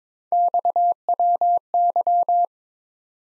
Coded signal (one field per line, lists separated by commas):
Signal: Morse code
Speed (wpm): 22 wpm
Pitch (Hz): 700 Hz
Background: none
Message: XWY